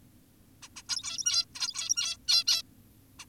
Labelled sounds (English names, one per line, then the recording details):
Zebra Finch
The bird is an adult
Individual g17y2U